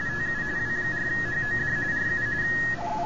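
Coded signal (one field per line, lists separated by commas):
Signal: RTTY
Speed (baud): 45.45 baud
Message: TU W4HOD RU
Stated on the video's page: RTTY signals heard during the January RTTY Roundup contest, search-and-pounce operating on 40 meters and a little on 20 meters, with busy bands.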